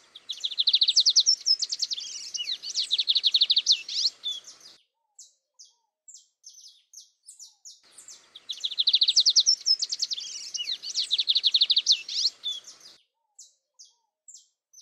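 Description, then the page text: Lined seedeater song repeated twice: a dense, fast buzzy trill of high notes for about five seconds, each followed by a series of separate sharp high chips. "BIGODINHO (Sporophila Lineola)"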